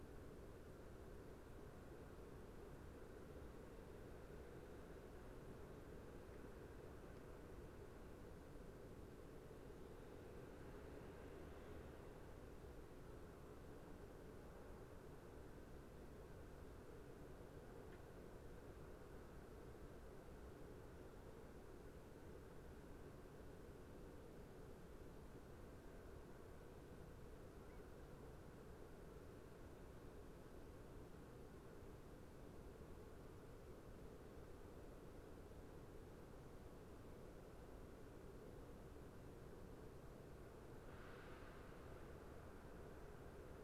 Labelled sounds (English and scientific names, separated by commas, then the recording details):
Little Bittern (Ixobrychus minutus)
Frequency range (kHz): Little Bittern (Ixobrychus minutus) 1.4-3.2 kHz
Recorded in France